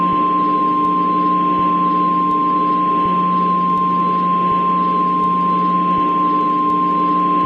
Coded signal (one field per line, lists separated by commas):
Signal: Emergency Alert System (SAME) tones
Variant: 1050 Hz attention tone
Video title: (GOOD EAS SCENARIO) Into the Storm | An EAS Scenario | 1080p/25fps